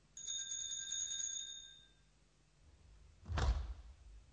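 In a Sherlock Holmes audio drama, a bright doorbell rings with a sustained metallic tone that fades out over about two seconds as a visitor calls. After a pause, the door is opened for the visitor with a short clattering latch and low thud.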